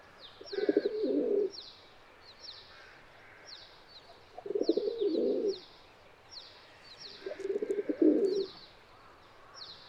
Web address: صدای-کبوتر-راعبی